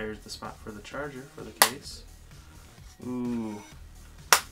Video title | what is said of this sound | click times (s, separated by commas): MEE x10 true wireless earbuds review | clicky click that's kind of cool | 4.3 s